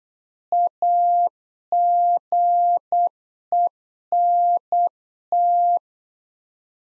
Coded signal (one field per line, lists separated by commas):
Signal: Morse code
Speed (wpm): 8 wpm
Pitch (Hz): 700 Hz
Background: none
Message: AGENT